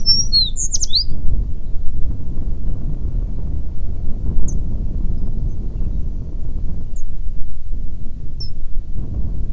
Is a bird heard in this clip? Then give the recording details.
yes. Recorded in the Prudhoe Bay oil fields, Alaska, on 9 June 2019 at 16:22. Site 21